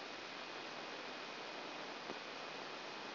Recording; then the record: brain microelectrode recording played as sound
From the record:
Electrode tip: outside the subthalamic nucleus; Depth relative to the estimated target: 4 mm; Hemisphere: right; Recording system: AlphaMap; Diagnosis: Parkinson's disease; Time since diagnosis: 9 years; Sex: male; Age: 68 years